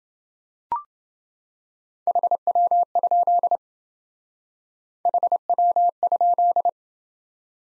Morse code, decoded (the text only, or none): HW? HW?